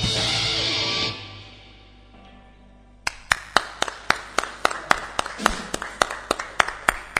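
A final ringing chord fades out slowly, then a small group breaks into steady applause, sharp distinct claps arriving in a brisk, fairly even rhythm for several seconds.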